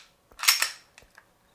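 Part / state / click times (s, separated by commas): pistol slide onto polymer pistol frame / seated / 0.5 s, 0.6 s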